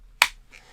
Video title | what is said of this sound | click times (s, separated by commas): ESEE Sencillo First Look: The "Simplest ESEE" in the Lineup!! | nice positive click | 0.2 s